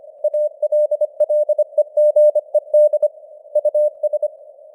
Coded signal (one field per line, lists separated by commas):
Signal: Morse code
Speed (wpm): 25 wpm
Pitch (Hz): 600 Hz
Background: none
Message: ALLEGED US